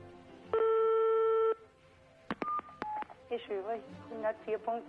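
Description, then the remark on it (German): A single steady telephone ringing tone sounds loudly for about a second as the radio station 104.6 RTL dials a listener, followed by a pause, a few sharp clicks and short beeps, and then a person begins talking. “Es klingelt.”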